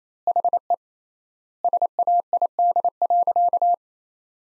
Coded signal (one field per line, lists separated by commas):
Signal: Morse code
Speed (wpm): 27 wpm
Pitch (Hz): 700 Hz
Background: none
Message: HE SAID.